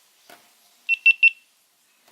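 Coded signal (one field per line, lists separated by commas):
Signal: none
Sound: a camera's power-on beeps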